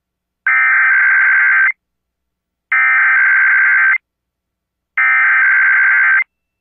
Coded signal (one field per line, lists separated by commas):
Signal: Emergency Alert System (SAME) tones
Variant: header bursts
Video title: Pacific IPAWS Weekly Monday (EAS #12393-12396) 8/21/23